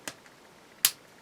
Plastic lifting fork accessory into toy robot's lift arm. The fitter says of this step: they snap in place just like that and we have our p it